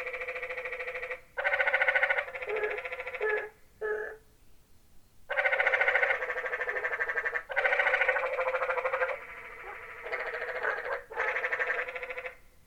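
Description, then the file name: Canyon tree frog giving a run of long, rasping, pulsed trills, some short and some over a second long, with brief pauses between them. "Quiet American - Canyon Tree Frog"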